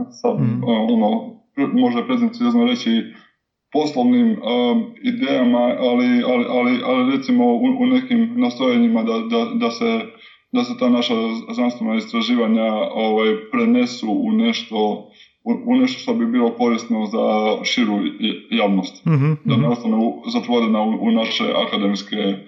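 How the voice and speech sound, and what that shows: An adult male scientist who stuttered until his twenties and has overcome it speaks Croatian at a moderate pace with repeated whole words: one word four times in a row, another three times. Brief repeated sounds, fillers and hesitation pauses also occur. These are mild residual stuttering disfluencies within otherwise fluent speech.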